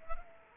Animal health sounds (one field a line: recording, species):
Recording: mosquito wingbeat signal from an infrared sensor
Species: Culex quinquefasciatus